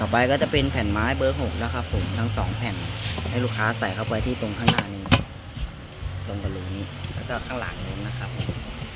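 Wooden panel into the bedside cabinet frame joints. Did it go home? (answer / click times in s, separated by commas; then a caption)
no / none. Two No. 6 wooden panels of a BC050 bedside cabinet are handled into place at the front and back of the frame, ready to be tapped into their cam-lock or dowel joints. Someone talks throughout, and two short knocks stand out at about 5.1 and 5.9 seconds. Nothing has seated or locked in yet.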